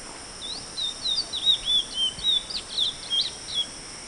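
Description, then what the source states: Chestnut-bellied seed finch song, a rapid warbled run of sweet high whistles and slurred notes lasting about three seconds, over a steady high-pitched hiss. Song; recorded 28 May 2011.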